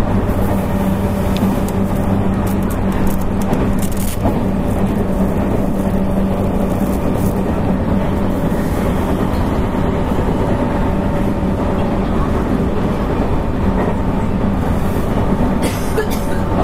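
Running sound of a 221 series electric train: a steady, dense low rumble with a constant hum holding at a few low pitches throughout. Faint brief clicks and knocks appear now and then, such as around four seconds and near sixteen seconds.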